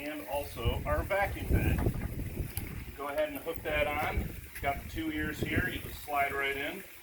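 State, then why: Not seated. Someone talks while a brush or net attachment is slid onto a universal pool pole. The attachment has not clicked in place yet; nothing has seated by the end of the clip.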